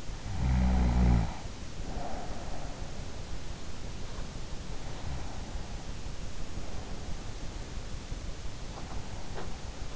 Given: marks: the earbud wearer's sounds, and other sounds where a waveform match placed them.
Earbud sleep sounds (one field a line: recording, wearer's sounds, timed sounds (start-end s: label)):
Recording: sounds in sleep by an in-ear microphone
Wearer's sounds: snoring breath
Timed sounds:
0.00-2.97 s: snoring breath